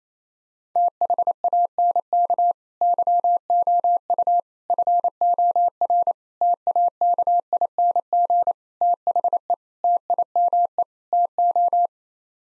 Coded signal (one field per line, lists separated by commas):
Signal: Morse code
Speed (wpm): 28 wpm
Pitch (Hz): 700 Hz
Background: none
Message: THANK YOU FOR TAKING THE TIME TO